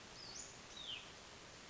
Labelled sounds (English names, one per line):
Hutton's Vireo